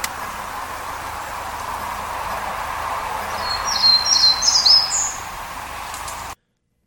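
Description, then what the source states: Townsend's Warbler song: a short run of high, buzzy, wheezy notes over steady low background noise. First of two song variations played one after the other; recorded on Baranof Island, Sitka, southeast Alaska.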